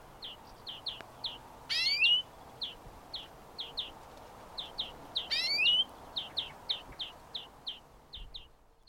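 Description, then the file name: European greenfinch singing a run of brief high chirps, broken twice by a loud buzzy wheeze with rising sweeps; faint background hiss throughout. "European Greenfinch Chloris chloris"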